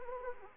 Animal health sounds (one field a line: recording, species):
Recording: mosquito wingbeat signal from an infrared sensor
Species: Anopheles arabiensis